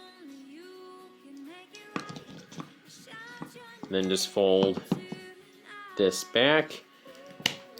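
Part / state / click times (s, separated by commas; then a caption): folding plastic limb section into the action figure body / seated / 7.5 s. A plastic limb section of a Transformers Studio Series 86 action figure is folded back into the figure's body during transformation, with someone talking over background music. A sharp plastic click sounds at 7.5 s as the part snaps into place and seats.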